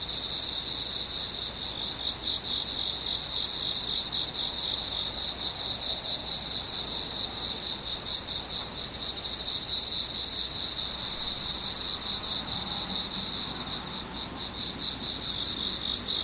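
Insects chirp without pause through the whole clip, a high, rapid, pulsing trill that stays level from start to finish. The pulses come fast and regular, with a faint higher shimmer above them and a soft low murmur underneath.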